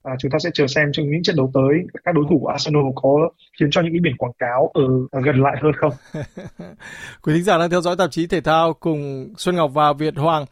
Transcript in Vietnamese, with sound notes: Chúng ta sẽ chờ xem trong những trận đấu tới, các đối thủ của Arsenal có khiến cho những biển quảng cáo, ờ, gần lại hơn không.
[tiếng cười] Quý khán giả đang theo dõi Tạp chí Thể thao cùng Xuân Ngọc và Việt Hoàng.